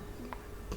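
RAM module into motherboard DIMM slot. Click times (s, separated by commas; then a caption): 0.3 s. A RAM memory module is lined up and pressed firmly down into a motherboard DIMM slot, and a solid click at 0.3 seconds marks the retention clips locking it in place. Two softer clicking sounds follow near 0.7 and 0.8 seconds, and the stick is seated.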